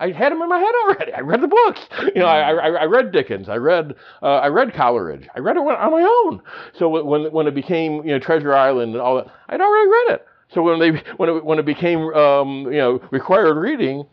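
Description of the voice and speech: Adult male speech with repeated "I-I-I-I" and "when-when-when" word repetitions, typical of stuttering.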